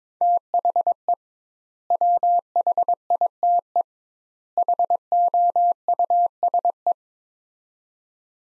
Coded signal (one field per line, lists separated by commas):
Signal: Morse code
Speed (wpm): 22 wpm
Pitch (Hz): 700 Hz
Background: none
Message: THE WHITE HOUSE